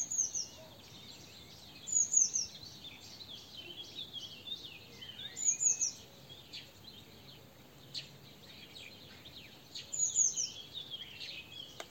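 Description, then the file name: Eurasian blue tit calls: bright, very high thin note clusters repeated every few seconds, mixed with busy chirps and a slurred whistle from other birds. "Cyanistes caeruleus"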